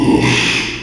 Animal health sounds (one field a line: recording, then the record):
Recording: squeal of a Yucatan mini pig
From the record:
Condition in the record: after surgery on the right vocal fold (resection and tissue-engineered implant)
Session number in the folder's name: 1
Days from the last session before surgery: 6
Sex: male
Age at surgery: 12 weeks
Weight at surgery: 13 kg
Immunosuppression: cyclosporine, prednisolone